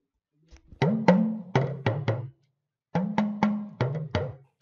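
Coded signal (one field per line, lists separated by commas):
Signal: talking drum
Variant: Yoruba dùndún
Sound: two short phrases of resonant drum strokes whose pitch bends up and down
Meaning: A greeting to Mary Atwater from Africa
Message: Mary Atwater, Africa greets you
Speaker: now i'd like you to tell maria twitter you know what you're talking wrong that mary at water africa greets you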